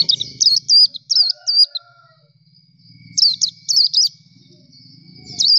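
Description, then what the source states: Nightingale song: short bursts of high, thin zigzag notes in quick phrases, a pause, then several more phrases. Masteran training song for teaching kept songbirds to sing.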